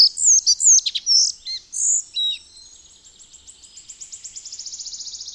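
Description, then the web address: Collared flycatcher song: several high squeaky notes and whistles, then a long, fast, even high trill of ticking notes. "Madardalok. Örvös légykapó"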